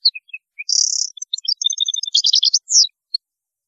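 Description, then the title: European goldfinch song, a rapid run of high twittering notes mixed with a buzzy trill and a sweeping final note, with no other sounds. "Chant Chardonneret"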